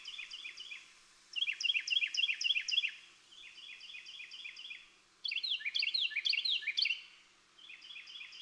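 Bird song: repeated phrases of fast, downslurred chirps alternate between louder and fainter passages, over a steady background hiss.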